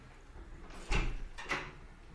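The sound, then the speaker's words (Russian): A door or window is pulled open to let in air during an exercise class, in two quick scraping, rattling movements, the first with a low thump, then it falls quiet again. No one speaks. “Нам надо что-то с воздухом делать, либо дверь открыть, либо окошечко, как?”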